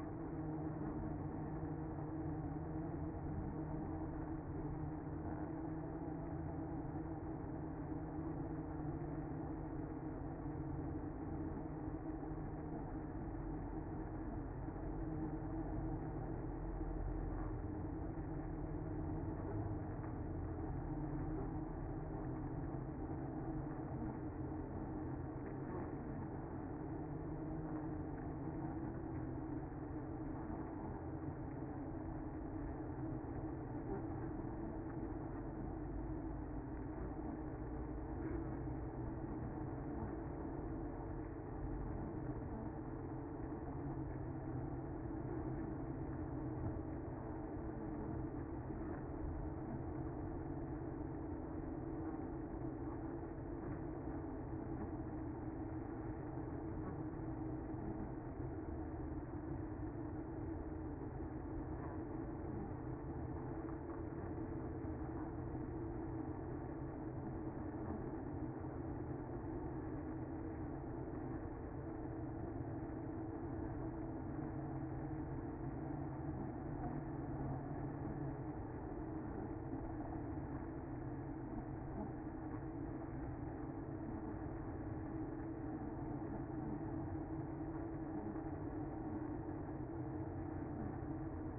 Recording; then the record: honeybee colony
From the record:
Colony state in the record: active